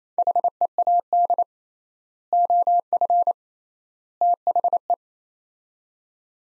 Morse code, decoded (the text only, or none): HEAD OF THE